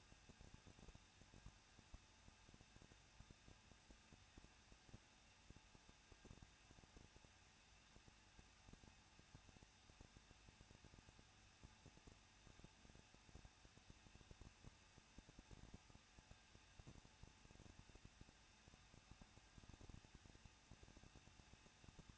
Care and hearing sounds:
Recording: daily activity, microphone in the room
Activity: no activity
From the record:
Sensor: 2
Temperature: 21.0 degrees Celsius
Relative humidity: 37.3%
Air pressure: 1006.2 hPa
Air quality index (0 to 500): 221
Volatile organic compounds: 24 ppm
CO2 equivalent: 2802 ppm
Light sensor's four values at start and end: 2/3/2/2 and 2/3/2/2

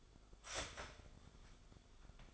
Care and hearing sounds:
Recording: daily activity, microphone in the room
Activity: start toaster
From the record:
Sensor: 5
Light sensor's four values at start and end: 13/32/12/11 and 13/32/12/11

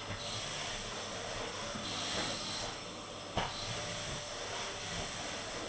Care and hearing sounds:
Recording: daily activity, microphone in the room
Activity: vacuum cleaning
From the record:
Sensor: 4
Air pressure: 989.5 hPa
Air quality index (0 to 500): 216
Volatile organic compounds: 67 ppm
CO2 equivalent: 3493 ppm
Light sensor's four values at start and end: 26/90/33/35 and 25/88/32/34

